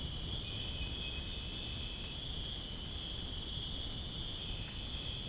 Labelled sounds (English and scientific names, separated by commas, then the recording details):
none
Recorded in dense forest near Puerto Asís, Putumayo, Colombia, on 23 June 2025 at 01:00
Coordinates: 0.481, -76.323
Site G072